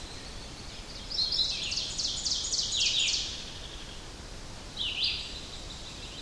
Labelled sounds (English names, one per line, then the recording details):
Ovenbird song
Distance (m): 75 m
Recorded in boreal forest in Alberta, Canada, on 10 June 2016 at 07:55
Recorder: SongMeter 3, array SBT-3-39
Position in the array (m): 217 m, 172 m
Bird 17